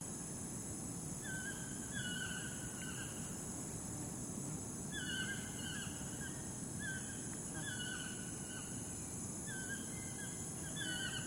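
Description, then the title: Toucan calls: faint, harmonic, slightly falling yelps in short bouts of two or three, repeated every few seconds over a steady low rumble and a constant high insect-like hiss. Calling in Corcovado National Park, Costa Rica. "Tucan Calling Corcovado"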